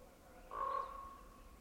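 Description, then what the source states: Common Raven uttering one resonant, tonal call that swells then fades into a thin trailing note, over a quiet background. Pair of ravens conversing at dawn by a tucked-away lake in a secluded valley, wildlife refuge, Northeast Washington, mid-May 2021; croaks, awks, uh-ohs and ooks.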